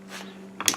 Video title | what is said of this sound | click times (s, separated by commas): Honda Caliper Piston Insertion | You might have heard that, but it kind of popped into place. | 0.7 s